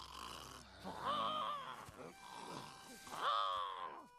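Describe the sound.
A voice imitates snoring: two rasping, throaty snorts with a wavering, nasal tone, separated by a breathy pause, fairly loud and with no other talking.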